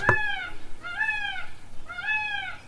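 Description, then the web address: Indian peafowl giving three drawn-out, arched, nasal wailing calls about a second apart, each rising then falling, after a sharp click at the start. "peacock"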